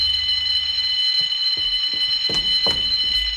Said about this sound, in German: Verdammte Alarmanlage. Hoffentlich kommt bald der Besitzer, um das Ding abzustellen.